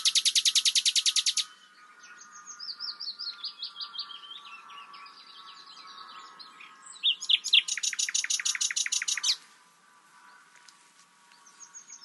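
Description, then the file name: Common nightingale song: a fast rattling burst, varied softer phrases, then a second long rattle, with a faint steady hum underneath. "Luscinia megarhynchos"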